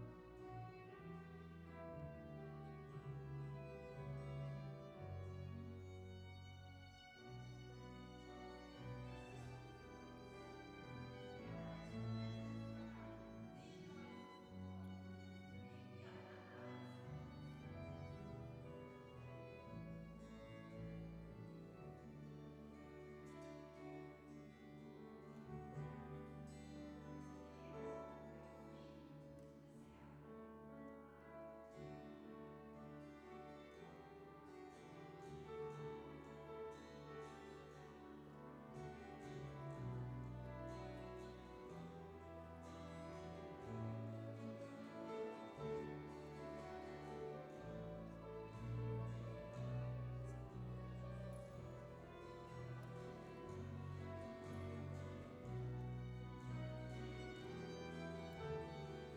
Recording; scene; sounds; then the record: everyday scene through a hearing-aid microphone; reverberant space; music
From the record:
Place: church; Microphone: behind the ear, right, front